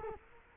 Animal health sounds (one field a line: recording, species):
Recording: mosquito wingbeat signal from an infrared sensor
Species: Culex quinquefasciatus